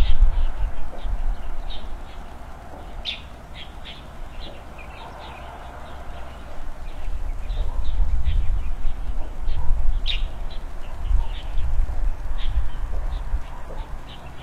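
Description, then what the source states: Birds chirping with many brief high notes at an uneven pace, a louder chirp near ten seconds, above a constant low rumble. Early morning, birds playing on branches in front of a rural country house, heard from an opened window; calm, quiet scene.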